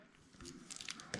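A suspension turret with its upper triangle arms is handled and fitted toward the chassis of a radio-controlled car during reassembly. Faint rustling gives way to light plastic handling noises with small sharp ticks near 0.8, 0.9 and 1.1 s. The part has not seated or clicked into place yet.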